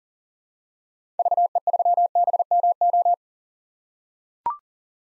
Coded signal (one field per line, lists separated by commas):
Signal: Morse code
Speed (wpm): 40 wpm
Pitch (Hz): 700 Hz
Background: none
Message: VE3BMO